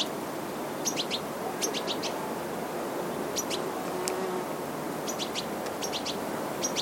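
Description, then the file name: European goldfinch calling: short bright tinkling notes in quick pairs and triplets, repeated in bursts over steady background noise. "Carduelis carduelis"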